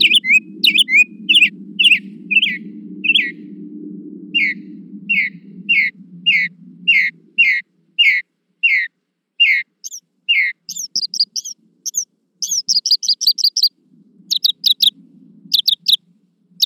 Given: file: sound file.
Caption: Bird A. Mockingbird song material analyzed in this exploratory analysis is from five individual birds.